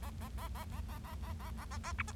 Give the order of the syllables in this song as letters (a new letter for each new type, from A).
A A A A A A A A A A A A B C